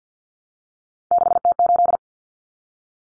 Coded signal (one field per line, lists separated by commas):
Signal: Morse code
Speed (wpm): 50 wpm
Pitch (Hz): 700 Hz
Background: none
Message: 6T8